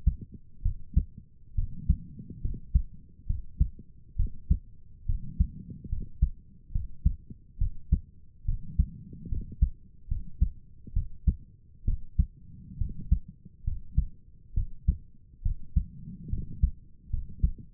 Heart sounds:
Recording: heart sounds by stethoscope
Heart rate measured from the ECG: 69 bpm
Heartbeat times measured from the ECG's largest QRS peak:
0.62 s: heartbeat
1.55 s: heartbeat
2.41 s: heartbeat
3.26 s: heartbeat
4.16 s: heartbeat
5.06 s: heartbeat
5.89 s: heartbeat
6.72 s: heartbeat
7.58 s: heartbeat
8.45 s: heartbeat
9.28 s: heartbeat
10.08 s: heartbeat
10.93 s: heartbeat
11.84 s: heartbeat
12.78 s: heartbeat
13.64 s: heartbeat
14.54 s: heartbeat
15.42 s: heartbeat
16.29 s: heartbeat
17.10 s: heartbeat
From the record:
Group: healthy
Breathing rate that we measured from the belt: 17 breaths a minute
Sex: female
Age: 22 years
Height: 154 cm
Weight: 58.7 kg

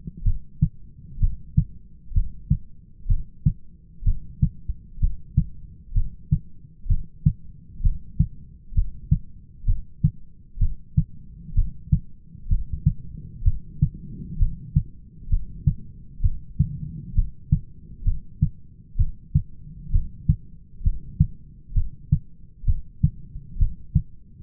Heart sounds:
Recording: heart sounds by stethoscope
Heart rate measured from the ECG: 64 bpm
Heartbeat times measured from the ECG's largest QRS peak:
0.26 s: heartbeat
1.21 s: heartbeat
2.15 s: heartbeat
3.09 s: heartbeat
4.06 s: heartbeat
5.01 s: heartbeat
5.95 s: heartbeat
6.90 s: heartbeat
7.84 s: heartbeat
8.76 s: heartbeat
9.67 s: heartbeat
10.61 s: heartbeat
11.56 s: heartbeat
12.50 s: heartbeat
13.45 s: heartbeat
14.40 s: heartbeat
15.31 s: heartbeat
16.23 s: heartbeat
17.16 s: heartbeat
18.06 s: heartbeat
18.99 s: heartbeat
19.93 s: heartbeat
20.84 s: heartbeat
21.76 s: heartbeat
22.67 s: heartbeat
23.60 s: heartbeat
From the record:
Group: heart failure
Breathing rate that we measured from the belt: 18 breaths a minute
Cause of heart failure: idiopathic cardiomyopathy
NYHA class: 1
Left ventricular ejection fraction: 50%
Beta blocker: bisoprolol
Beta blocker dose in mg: 5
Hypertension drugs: candesartan, spironolactone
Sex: male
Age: 54 years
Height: 180 cm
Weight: 94.6 kg

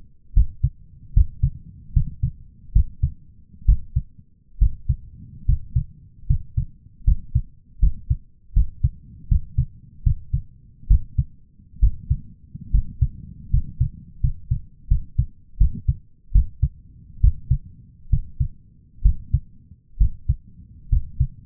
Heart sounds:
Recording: heart sounds by stethoscope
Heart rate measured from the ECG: 73 bpm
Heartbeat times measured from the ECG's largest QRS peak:
0.34 s: heartbeat
1.14 s: heartbeat
1.93 s: heartbeat
2.73 s: heartbeat
3.66 s: heartbeat
4.59 s: heartbeat
5.46 s: heartbeat
6.27 s: heartbeat
7.05 s: heartbeat
7.80 s: heartbeat
8.53 s: heartbeat
9.28 s: heartbeat
10.03 s: heartbeat
10.88 s: heartbeat
11.80 s: heartbeat
12.71 s: heartbeat
13.50 s: heartbeat
14.21 s: heartbeat
14.88 s: heartbeat
15.58 s: heartbeat
16.32 s: heartbeat
17.21 s: heartbeat
18.10 s: heartbeat
19.02 s: heartbeat
19.98 s: heartbeat
20.89 s: heartbeat
From the record:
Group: healthy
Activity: rest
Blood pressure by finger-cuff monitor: 166/115 mmHg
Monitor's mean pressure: 125 mmHg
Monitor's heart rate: 75 bpm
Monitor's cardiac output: 6.3 L/min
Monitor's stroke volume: 82 mL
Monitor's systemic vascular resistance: 1510 dyn s/cm5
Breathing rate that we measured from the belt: 15 breaths a minute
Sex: male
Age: 23 years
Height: 179 cm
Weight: 87 kg

